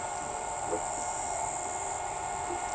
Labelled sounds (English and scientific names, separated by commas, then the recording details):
none
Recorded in shrubland near Pivijay, Magdalena, Colombia, on 17 April 2023 at 05:30
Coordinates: 10.453, -74.365
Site P5-G022